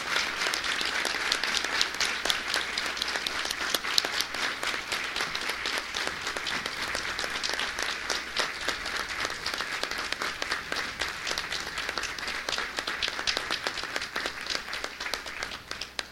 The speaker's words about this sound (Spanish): estos aplausos son en reconocimiento a su legado. Vamos. Muchas gracias